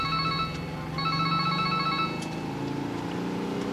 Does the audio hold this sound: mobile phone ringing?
yes